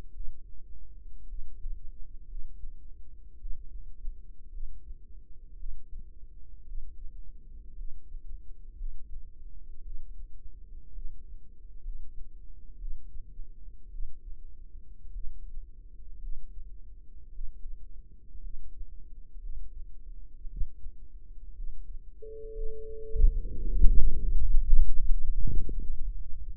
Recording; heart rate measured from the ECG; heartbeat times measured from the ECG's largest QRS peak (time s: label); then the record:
heart sounds by microphone in the right ear; 57 bpm
0.13 s: heartbeat
1.27 s: heartbeat
2.27 s: heartbeat
3.39 s: heartbeat
4.51 s: heartbeat
5.57 s: heartbeat
6.66 s: heartbeat
7.75 s: heartbeat
8.76 s: heartbeat
9.83 s: heartbeat
10.93 s: heartbeat
11.82 s: heartbeat
12.78 s: heartbeat
13.91 s: heartbeat
15.12 s: heartbeat
16.20 s: heartbeat
17.32 s: heartbeat
18.41 s: heartbeat
19.40 s: heartbeat
20.48 s: heartbeat
21.55 s: heartbeat
22.54 s: heartbeat
23.62 s: heartbeat
24.41 s: heartbeat
25.51 s: heartbeat
From the record:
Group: healthy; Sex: female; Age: 28 years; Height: 170 cm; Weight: 77 kg